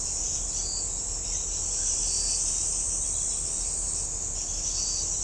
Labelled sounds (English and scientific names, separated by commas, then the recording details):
none
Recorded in shrubland near Pivijay, Magdalena, Colombia, on 4 June 2023 at 04:00
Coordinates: 10.453, -74.365
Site P5-G022